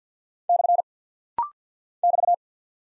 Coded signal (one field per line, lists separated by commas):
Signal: Morse code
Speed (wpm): 48 wpm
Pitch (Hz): 700 Hz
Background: none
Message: / <BT>